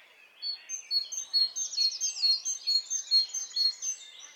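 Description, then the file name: Great tit calling: a steady, rapid run of high, thin chirps after a short quiet start. "Parus major"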